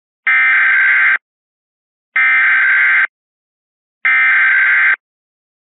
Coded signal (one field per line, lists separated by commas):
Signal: Emergency Alert System (SAME) tones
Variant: header bursts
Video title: EAS Recreation 3: Child Abduction Emergency - Washington (WA)